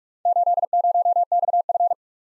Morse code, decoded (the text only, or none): 80XF